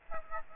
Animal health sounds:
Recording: mosquito wingbeat signal from an infrared sensor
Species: Aedes aegypti

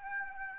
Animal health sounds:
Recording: mosquito wingbeat signal from an infrared sensor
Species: Aedes aegypti

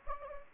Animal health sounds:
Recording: mosquito wingbeat signal from an infrared sensor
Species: Anopheles gambiae

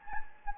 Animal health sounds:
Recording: mosquito wingbeat signal from an infrared sensor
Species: Anopheles gambiae

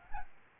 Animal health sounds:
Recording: mosquito wingbeat signal from an infrared sensor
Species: Aedes albopictus

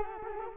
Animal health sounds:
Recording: mosquito wingbeat signal from an infrared sensor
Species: Culex quinquefasciatus

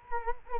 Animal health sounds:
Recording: mosquito wingbeat signal from an infrared sensor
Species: Culex quinquefasciatus

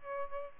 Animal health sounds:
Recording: mosquito wingbeat signal from an infrared sensor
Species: Aedes albopictus

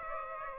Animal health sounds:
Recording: mosquito wingbeat signal from an infrared sensor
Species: Aedes aegypti

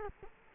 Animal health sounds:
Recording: mosquito wingbeat signal from an infrared sensor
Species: Culex quinquefasciatus

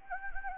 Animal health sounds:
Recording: mosquito wingbeat signal from an infrared sensor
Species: Anopheles gambiae

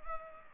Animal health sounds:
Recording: mosquito wingbeat signal from an infrared sensor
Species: Culex pipiens

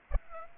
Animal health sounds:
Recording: mosquito wingbeat signal from an infrared sensor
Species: Aedes aegypti

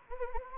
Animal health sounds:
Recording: mosquito wingbeat signal from an infrared sensor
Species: Anopheles gambiae

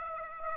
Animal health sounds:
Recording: mosquito wingbeat signal from an infrared sensor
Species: Aedes aegypti

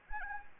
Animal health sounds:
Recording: mosquito wingbeat signal from an infrared sensor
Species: Anopheles arabiensis

